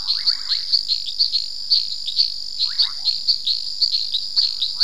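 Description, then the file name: Long-nosed reed frog chorus of rapid, sharp, high-pitched clicks, mixed with a few short, lower squeaky calls. "Hyperolius nasutus"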